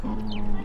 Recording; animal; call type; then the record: contact call of a hoofed animal; wild boar; grunt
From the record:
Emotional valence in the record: negative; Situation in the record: naturally occurring agonistic interactions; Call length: 0.65 s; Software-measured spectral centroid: 1250 Hz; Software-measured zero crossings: 390 a second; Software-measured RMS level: -24 dBFS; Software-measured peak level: -13 dBFS